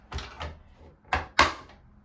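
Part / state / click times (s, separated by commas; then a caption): plastic fan stand into the fan base / seated / 1.1 s, 1.4 s. A plastic fan stand for a Lasko 3-speed 12-inch oscillating table fan is pressed down into the fan base until its two side snaps engage. Two softer knocks near 0.1 s and 0.4 s precede two sharp snaps at 1.1 s and 1.4 s. The stand is seated and clipped onto the base.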